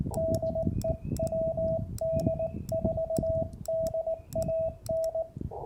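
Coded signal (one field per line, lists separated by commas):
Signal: Morse code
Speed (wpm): 19 wpm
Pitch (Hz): 660 Hz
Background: radio noise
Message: DE WD4DAN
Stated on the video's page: Georgia State Parks on the Air activation, 40 m CW segment of a POTA event.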